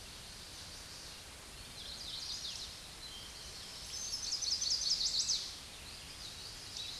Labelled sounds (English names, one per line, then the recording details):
Chestnut-sided Warbler song
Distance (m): 60 m
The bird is about 25 m above the microphone
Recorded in a Pennsylvania forest on 16 May 2024 at 09:21
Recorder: AudioMoth, point MSD-1338
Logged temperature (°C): 12.6 °C
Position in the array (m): 66 m, 62 m